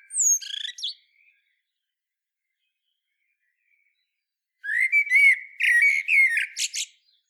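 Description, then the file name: Common blackbird song: a short squeaky ending, a long pause, then a full phrase of mellow whistles broken by rapid scratchy notes. "Turdus merula"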